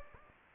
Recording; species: mosquito wingbeat signal from an infrared sensor; Anopheles gambiae